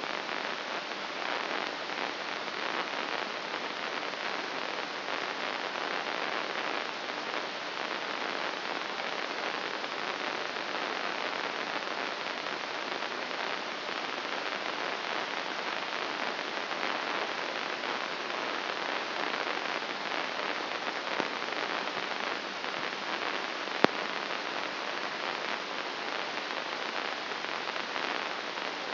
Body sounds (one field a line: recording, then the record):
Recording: brain microelectrode recording played as sound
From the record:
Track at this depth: inside the subthalamic nucleus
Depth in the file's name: 3.62 mm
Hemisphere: left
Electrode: 2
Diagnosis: Parkinson's disease